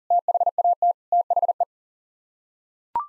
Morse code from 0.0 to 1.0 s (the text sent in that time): THAT